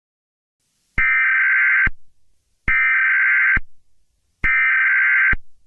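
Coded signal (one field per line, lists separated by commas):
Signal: Emergency Alert System (SAME) tones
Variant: header bursts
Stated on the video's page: Fictional EAS scenario alert.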